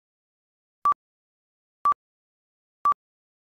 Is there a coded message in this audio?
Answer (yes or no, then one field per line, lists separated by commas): no